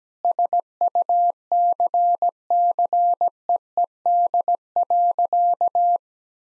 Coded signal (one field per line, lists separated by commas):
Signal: Morse code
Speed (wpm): 17 wpm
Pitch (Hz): 700 Hz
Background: none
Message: SUCCEED.